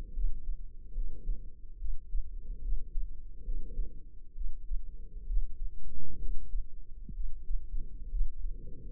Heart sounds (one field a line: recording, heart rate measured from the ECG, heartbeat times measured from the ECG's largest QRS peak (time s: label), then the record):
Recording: heart sounds by microphone in the left ear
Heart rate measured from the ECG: 68 bpm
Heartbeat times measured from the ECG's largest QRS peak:
0.12 s: heartbeat
0.92 s: heartbeat
1.76 s: heartbeat
2.60 s: heartbeat
3.43 s: heartbeat
4.33 s: heartbeat
5.25 s: heartbeat
6.17 s: heartbeat
7.12 s: heartbeat
8.09 s: heartbeat
From the record:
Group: healthy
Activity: rest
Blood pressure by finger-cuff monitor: 98/71 mmHg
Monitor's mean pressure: 80 mmHg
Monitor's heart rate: 71 bpm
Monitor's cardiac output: 5 L/min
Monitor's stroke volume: 70 mL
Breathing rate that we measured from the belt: 24 breaths a minute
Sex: female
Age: 32 years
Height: 172 cm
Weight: 71.7 kg